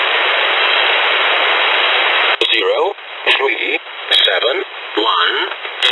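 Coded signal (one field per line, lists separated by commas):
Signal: numbers station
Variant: E07 English Man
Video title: Russian E07 "English Man" number station at 12168 kHz (long message)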